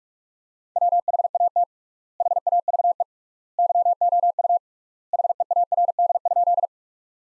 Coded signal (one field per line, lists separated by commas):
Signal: Morse code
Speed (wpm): 42 wpm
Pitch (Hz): 700 Hz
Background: none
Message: WHAT HAVE YOU HEARD?